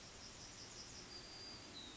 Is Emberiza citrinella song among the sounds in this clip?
yes